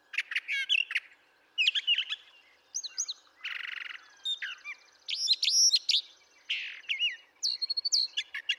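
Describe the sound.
Brown thrasher pouring out varied phrases, harsh buzzy notes, rapid chatters and whistled slurs, some repeated, with a few brief pauses between bursts.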